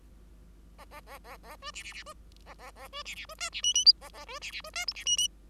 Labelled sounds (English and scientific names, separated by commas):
Bengalese Finch (Lonchura striata domestica) song